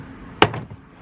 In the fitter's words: you push them in to lock it